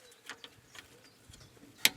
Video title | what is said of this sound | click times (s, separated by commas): SKODA FABIA Rear Right-Hand BRAKE PIPE +Flexi, Disc Brake (Mk1 00-2007) | Refit the ABS cable. You just push those in until they click. | 1.8 s